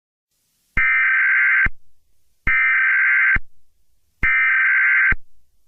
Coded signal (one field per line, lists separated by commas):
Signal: Emergency Alert System (SAME) tones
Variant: header bursts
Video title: EAS Scenario 3 (The Piggy Infection Outbreak)